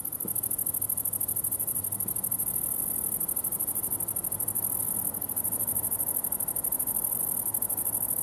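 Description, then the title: Grasshoppers giving a steady, high, hissing shrill with fine rapid pulsing, unbroken throughout, over a low rumble from below. Several grasshoppers in a summer ambience at the farm of Villers Abbey, Villers-la-Ville, Belgium; distant train; recorded with Sony PCM-D100 internal microphones in wide position. "Ferme de lAbbaye de Villers, 1495 Villers-la-Ville, Belgique - Grasshoppers"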